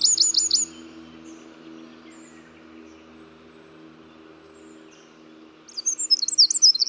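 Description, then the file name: Eurasian wren with a quick high trill at the start, a quiet gap with faint low hum, and then a loud tumbling run of high notes near the end. "Troglodytes troglodytes"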